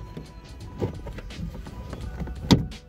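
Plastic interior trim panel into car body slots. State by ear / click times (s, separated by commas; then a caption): seated / 2.5 s. A plastic interior pillar trim panel on a 2019–2020 Kia Forte, its two tabs fed into the car body slots behind the weather stripping, is pushed downward into place. Low rustling and handling noises lead up to a sharp snap at 2.5 s as the panel seats, meaning everything is aligned.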